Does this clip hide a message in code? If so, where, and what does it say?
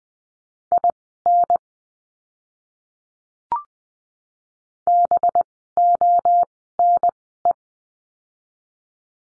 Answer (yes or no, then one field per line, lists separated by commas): yes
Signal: Morse code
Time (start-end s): 0.7-7.5 s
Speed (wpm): 20 wpm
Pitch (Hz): 700 Hz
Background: none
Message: IN BONE